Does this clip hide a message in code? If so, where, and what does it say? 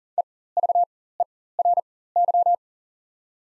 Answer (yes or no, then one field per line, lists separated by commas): yes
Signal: Morse code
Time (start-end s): 0.2-2.5 s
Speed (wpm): 40 wpm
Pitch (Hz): 700 Hz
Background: none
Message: EVERY